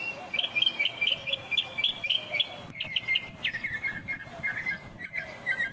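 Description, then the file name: Northern mockingbird song, a steady run of bright chirped phrases, each short note group repeated several times before switching to a lower, slurred pattern. "Northern Mockingbird"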